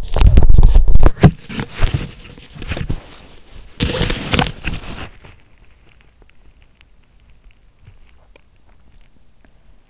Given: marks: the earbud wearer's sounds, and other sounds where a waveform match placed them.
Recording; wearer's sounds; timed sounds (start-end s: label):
sounds in sleep by an in-ear microphone; body movement
0.00-5.54 s: body movement